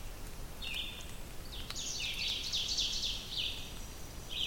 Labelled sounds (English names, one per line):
Ovenbird song